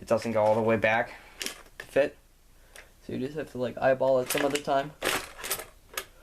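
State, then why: Not seated. Someone talks while handling a loose-fitting plastic adapter plate on a JVC SF-P3 camcorder body, eyeballing its alignment because it does not fit snugly. Brief handling ticks are heard near 2.8 s and 6.0 s. Nothing has seated or clicked yet.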